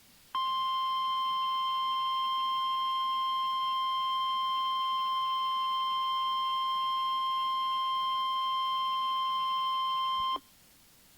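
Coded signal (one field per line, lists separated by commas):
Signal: Emergency Alert System (SAME) tones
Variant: 1050 Hz attention tone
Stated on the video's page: Fire Warning relayed by the National Weather Service on NOAA Weather Radio station WXK38 at the request of county emergency management.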